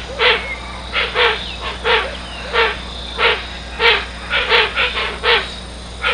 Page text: Гоацин - Hoatzin (Opisthocomus hoazin)